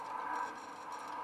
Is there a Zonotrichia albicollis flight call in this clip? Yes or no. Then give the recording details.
no. No flight call is heard. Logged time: 02:48 on 19 December 2014